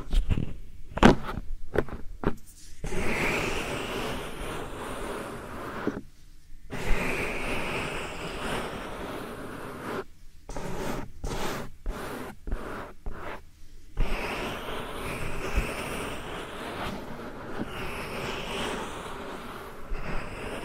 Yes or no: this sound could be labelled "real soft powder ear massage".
yes